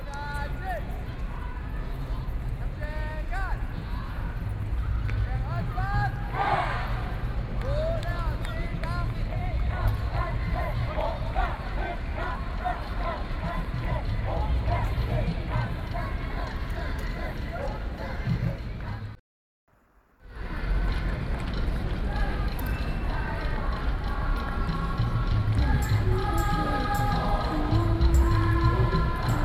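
A busy public square full of people: many voices overlap in a steady murmur, with talkers and a few raised calls cutting through. Low traffic rumble runs underneath throughout. The sound drops out completely for about a second near the twentieth second, then resumes.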